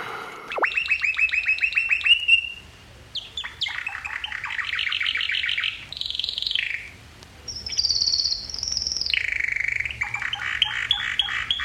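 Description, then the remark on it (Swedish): A person imitates nightingale song: a loud, unbroken run of shrill whistled phrases, sustained high tones alternating with rapid trills and chirps, shifting pitch between phrases, with no talking. “Jag är, de kallar mig för …, har de sagt.”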